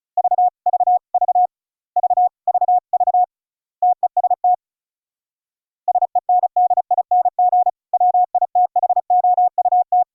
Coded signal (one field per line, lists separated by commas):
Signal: Morse code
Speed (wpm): 34 wpm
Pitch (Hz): 720 Hz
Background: none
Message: V V V V VV TEST SENDING WITHOUT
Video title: A Raspberry PI udp TCP Morse Code CW audio server for multiple CWops to QSO online with each other